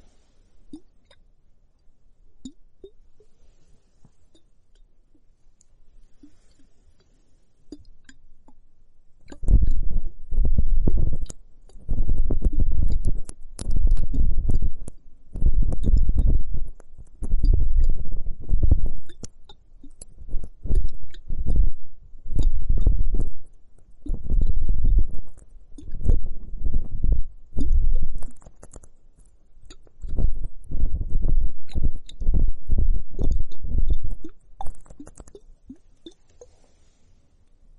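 Foamy hourglass fizzing and crackling in dense, low, bubbly bursts after nine quiet seconds, with brief pauses near 19 and 29 seconds.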